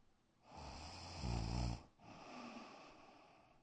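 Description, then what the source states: Dog snoring: a breathy rise that swells into a short rattling snore, then a soft, airy breath. Black dog, snoring indoors in a bedroom.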